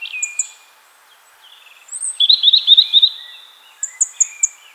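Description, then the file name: European robin delivering a clear high phrase, a sustained thin note broken by quick trilled flourishes, followed by brief sharp high notes over faint hiss. "Erithacus rubecula"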